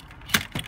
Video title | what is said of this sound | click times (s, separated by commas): Exium G2 harpun - opsætning | den siger Klik så | 0.4 s